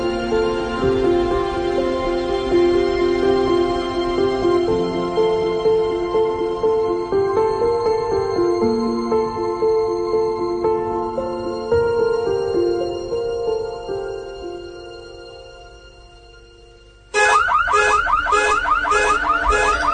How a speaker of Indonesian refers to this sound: Setiap tengah malam, alarm mobilku itu berbunyi sendiri. Ini sudah keempat kalinya. Tetanggaku pun banyak yang mengeluh.